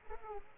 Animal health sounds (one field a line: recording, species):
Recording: mosquito wingbeat signal from an infrared sensor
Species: Aedes aegypti